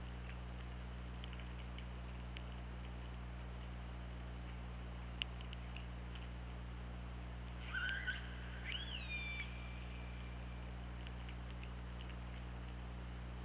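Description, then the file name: Orca call: one short bout of upswept, harmonic cries about two-thirds through, against steady low hum and faint clicks. Recorded 24 August 2017, around 23:28. "Orca Lab"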